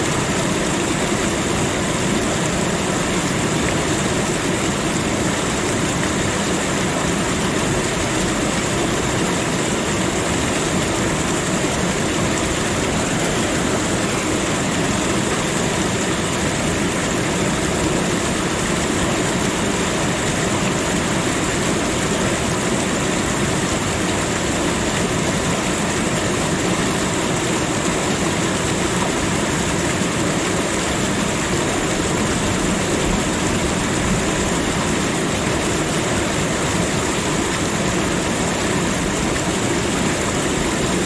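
A waterfall pours in a constant, dense roar that fills everything from the low rumble up to a bright hiss. The sound holds completely steady for the whole stretch, with no separate splashes, pauses or other noises breaking through.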